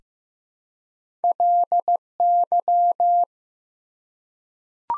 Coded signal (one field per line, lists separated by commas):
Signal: Morse code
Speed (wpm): 15 wpm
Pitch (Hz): 700 Hz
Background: none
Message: LY